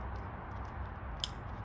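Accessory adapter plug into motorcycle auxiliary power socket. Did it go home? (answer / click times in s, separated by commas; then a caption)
yes / 1.2 s. An accessory adapter plug is pushed into the auxiliary power socket behind the headlight of a 2020 CRF250L motorcycle during a USB socket fitment. Against a steady low background rumble, a single sharp click is heard at 1.2 s as the connector locks and seats.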